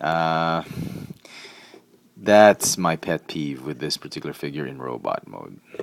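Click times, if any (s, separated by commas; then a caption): none. Someone talks while turning the plastic waist joint of a Transformers Prime Robots in Disguise Voyager Starscream action figure in robot mode, with faint handling taps at about 1.2 s and 1.3 s. The waist never snaps into any position and just stays wherever it is put, possibly due to a defect, so nothing has seated or clicked.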